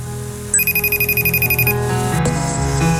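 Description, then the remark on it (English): A phone ringing tone sounds: a rapid, warbling trill of high electronic beeps lasting about a second, over a steady low hum that continues after the ring stops. “I went on the phone with this guy. Let's just listen.”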